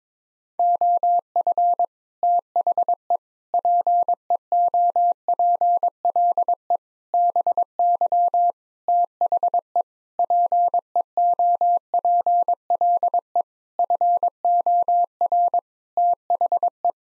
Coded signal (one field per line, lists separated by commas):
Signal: Morse code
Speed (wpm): 22 wpm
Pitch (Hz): 700 Hz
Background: none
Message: OF THE PEOPLE BY THE PEOPLE FOR THE